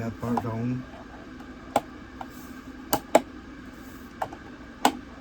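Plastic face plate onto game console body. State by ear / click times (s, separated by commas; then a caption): seated / 4.8 s. Someone talks briefly at the start, then a plastic face plate is pressed onto a PS5 game console body, with several sharp plastic ticks at about 1.8, 2.9, 3.2 and 4.2 seconds. The face plate clicks home at 4.9 seconds and is seated.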